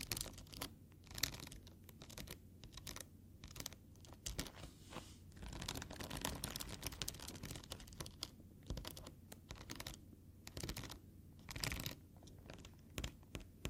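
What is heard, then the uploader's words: Foam being handled, giving a dense run of soft crackles, squeaks and rubbing that crinkle almost without pause. Brighter bursts stand out around one, three, eight and twelve seconds, and a low steady hum runs underneath throughout. Tapping, Foam, Scratching, NO TALKING.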